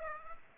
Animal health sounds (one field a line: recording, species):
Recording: mosquito wingbeat signal from an infrared sensor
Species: Aedes aegypti